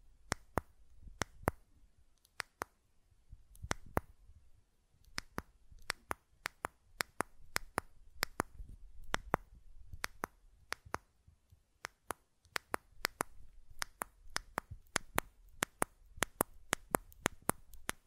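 Sharp button clicks and taps sound throughout, crisp and bright, arriving in irregular clusters with short pauses between them. Some stretches are quick runs of several clicks, others single taps. A low, faint rumble sits underneath.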